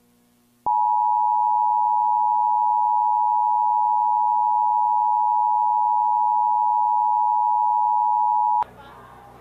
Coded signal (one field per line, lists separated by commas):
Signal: Emergency Alert System (SAME) tones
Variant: 853 and 960 Hz attention tone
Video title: [MOCKED] GMA - Emergency Broadcast System THIS IS NOT A TEST (2007)